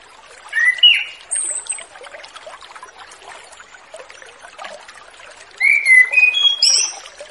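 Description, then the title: Orange-headed thrush song: a short whistled phrase, a long gap, then a rising series of clear whistles and high notes. Relaxed 'ngeplong' song style, used as a training lure for a young orange-headed thrush just out of its spotted juvenile plumage. "Anis Kembang Ngeplong Santai , Untuk Pancingan Anis Kembang Lepas Trotol"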